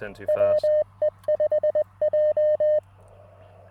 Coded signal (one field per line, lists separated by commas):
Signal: Morse code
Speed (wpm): 20 wpm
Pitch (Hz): 610 Hz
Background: speech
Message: WE5J